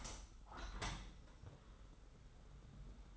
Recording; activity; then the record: daily activity, microphone in the room; open window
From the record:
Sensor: 3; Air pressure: 991.2 hPa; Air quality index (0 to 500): 117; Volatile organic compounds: 82 ppm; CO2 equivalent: 3621 ppm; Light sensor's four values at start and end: 48/132/54/47 and 48/132/54/47